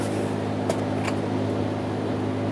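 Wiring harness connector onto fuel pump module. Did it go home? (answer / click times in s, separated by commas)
no / none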